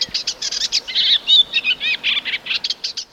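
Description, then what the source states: Eastern olivaceous warbler song, a fast, scratchy chatter of varied short notes. Bird moving among trees, calling a great deal and sounding displeased and scolding; a lifer, identified with an app and then seen.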